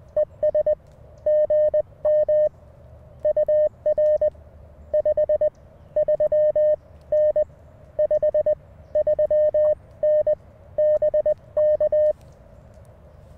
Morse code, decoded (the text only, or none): ES GM UR 53N 53N BK